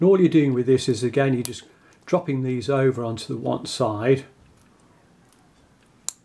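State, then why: Seated. Someone talks while the metal deployant folding clasp on the bracelet of a Cadisen Royal Oak C180 42mm watch is folded over onto one side and pressed closed. After a quiet pause, a single sharp, loud click at 6.1 s marks the clasp snapping shut and seating in place.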